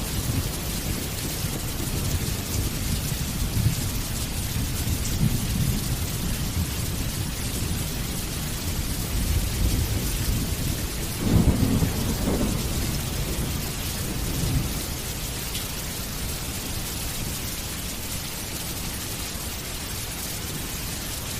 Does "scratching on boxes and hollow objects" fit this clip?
no